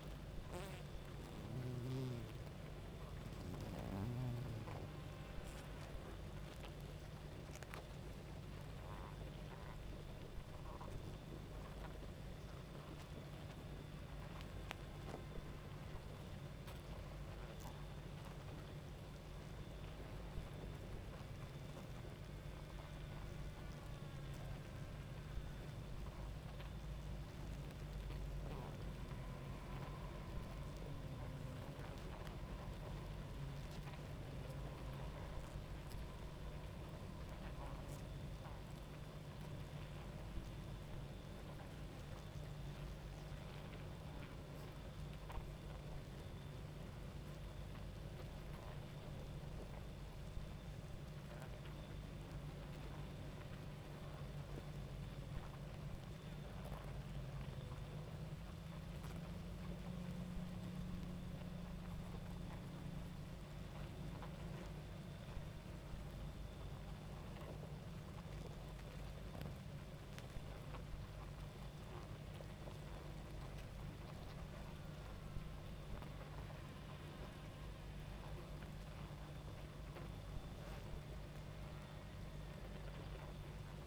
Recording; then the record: honeybee colony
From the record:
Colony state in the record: active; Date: 28 July 2017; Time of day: 23:03